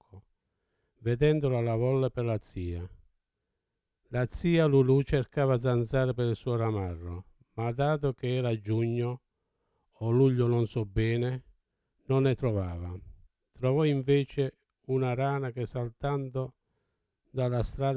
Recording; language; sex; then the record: read passage; Italian; male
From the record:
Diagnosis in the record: Parkinson's disease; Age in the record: 70 years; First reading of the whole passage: 68 s, 7.6 characters per second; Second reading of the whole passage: 61 s, 8.4 characters per second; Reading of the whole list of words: 64 s, 4.4 characters per second